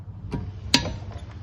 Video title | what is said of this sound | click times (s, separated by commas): 2013 Honda Accord sport gets winter tires | once you hear that click it's | 0.7 s